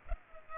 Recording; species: mosquito wingbeat signal from an infrared sensor; Culex pipiens